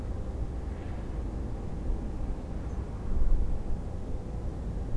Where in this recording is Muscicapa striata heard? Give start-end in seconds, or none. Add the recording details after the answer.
2.68-2.77. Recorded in France